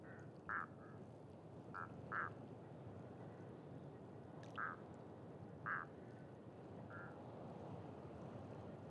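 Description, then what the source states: Duck quacks: about seven short nasal quacks spaced irregularly throughout, over steady low background noise. Ducks with unusual calls at a pond beside a site staging scarecrows in gory scenes; recorded with Sonosax SXM2D2, iPhone, MS mkh30/40 microphones in Cinela PIA2.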